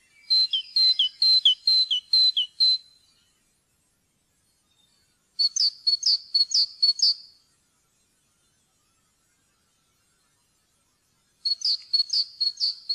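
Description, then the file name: Great tit song: bright, ringing two-note phrases repeated rapidly in three separate bursts of several phrases each, with quiet gaps between bursts. "kjoettmeis"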